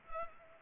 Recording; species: mosquito wingbeat signal from an infrared sensor; Culex pipiens